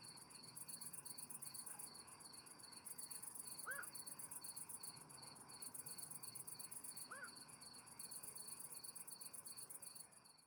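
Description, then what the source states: Animal calls: a steady pulsing, high cricket-like trill runs throughout, with two brief rising-falling chirps near four and seven seconds. Described as the first call.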